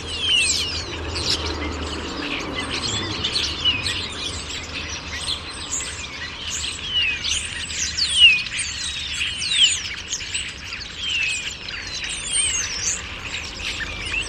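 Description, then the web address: Dense chorus of birds: many overlapping high chirps and short downward-slurred whistles, continuous throughout, over a steady hiss. "birddata Deverinetal 2025 Bird Only More Classes St Vu St Vu"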